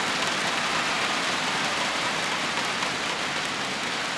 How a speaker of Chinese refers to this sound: 佢系我哋香港国标嘅冠军，俾掌声佢